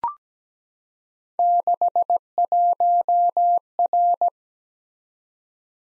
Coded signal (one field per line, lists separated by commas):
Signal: Morse code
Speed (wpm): 17 wpm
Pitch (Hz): 700 Hz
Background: none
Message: 61R